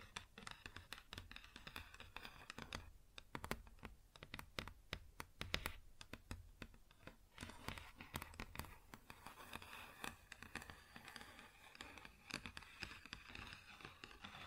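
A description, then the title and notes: Quick, irregular tapping on a wooden surface, dry, with sharp clicks coming several times a second throughout. Between the taps, rough scratching and scraping fills in with a gritty rustle, busiest in the second half. ASMR Wood Surface Tapping & Scratching (No Talking).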